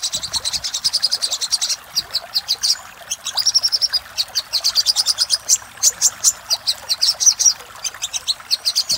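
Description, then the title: Little spiderhunter song: bursts of high, rapid chips alternating with sharper single notes and short gaps, the rhythm irregular throughout. Song of the little spiderhunter in the 'labaik' variant, used for training cage birds. "Masteran Burung Sogok Ontong Labaik"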